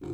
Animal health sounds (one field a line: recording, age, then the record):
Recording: pig call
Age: weaner (32 to 43 days)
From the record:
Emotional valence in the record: positive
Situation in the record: positive conditioning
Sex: female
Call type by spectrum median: low-frequency call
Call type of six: low-frequency stable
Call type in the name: low-frequency stable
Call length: 0.14 s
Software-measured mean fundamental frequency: 59 Hz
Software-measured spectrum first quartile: 167 Hz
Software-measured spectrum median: 303 Hz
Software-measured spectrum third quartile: 390 Hz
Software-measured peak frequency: 338 Hz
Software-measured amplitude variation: 118 dB a second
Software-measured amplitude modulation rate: 18.0 a second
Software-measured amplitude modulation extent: 6.6 dB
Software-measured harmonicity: 0.5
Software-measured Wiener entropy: -0.15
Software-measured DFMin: 930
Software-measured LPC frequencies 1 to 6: 352, 1193, 2309, 3390, 3936, 4677 Hz